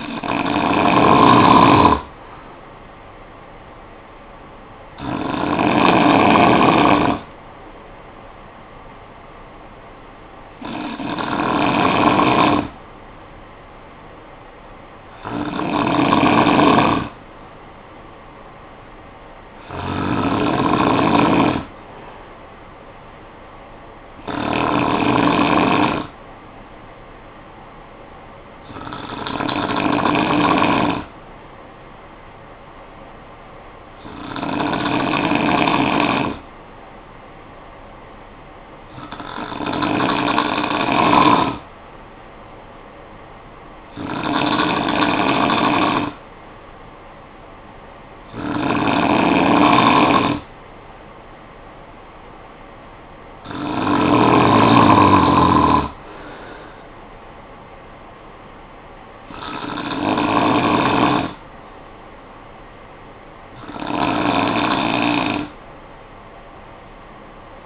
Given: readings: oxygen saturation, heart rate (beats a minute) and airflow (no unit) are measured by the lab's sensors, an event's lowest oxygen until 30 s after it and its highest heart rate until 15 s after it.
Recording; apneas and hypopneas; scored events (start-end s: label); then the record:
breathing in sleep by a voice recorder at the bedside; 1
35.00-53.60 s: hypopnea (N2, oxygen 96% highest, then 93% lowest, heart rate 55 at the start, 64 highest)
From the record:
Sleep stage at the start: N2 (light sleep); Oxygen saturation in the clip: 91 to 96%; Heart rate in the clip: 52 to 64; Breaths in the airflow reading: 14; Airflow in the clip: -11.7 to 7.1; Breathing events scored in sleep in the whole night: 445 in 7.6 hours asleep